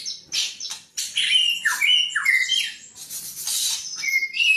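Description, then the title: White-rumped shama delivering a jumble of harsh squawky notes mixed with short clear whistles and downward slurs, loud and high-pitched. "murai batu"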